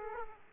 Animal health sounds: mosquito wingbeat signal from an infrared sensor; Aedes aegypti

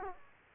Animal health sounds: mosquito wingbeat signal from an infrared sensor; Aedes aegypti

